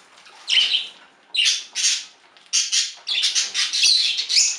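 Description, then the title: Budgerigar squawks, several harsh raspy bursts after a quiet opening. "Budgie Sounds"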